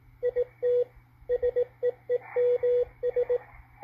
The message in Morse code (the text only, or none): IT SEEMS